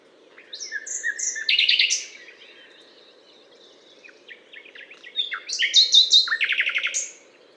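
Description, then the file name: Common nightingale producing two song phrases of whistles and rapid, churring repeated notes, separated by a quieter passage, with a low steady hum underneath. Butte calcaire de Gratacap, France; 19 May 2012. "120519 rossignol-philomele-Butte-calcaire-de-Gratacap-F"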